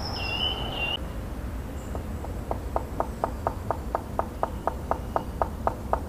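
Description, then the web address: Black woodpecker giving one ringing, level whistled call, followed by a steady series of short, sharp notes over a hissy background. "agykontroll Madardalok Cd 1. Fekete harkály"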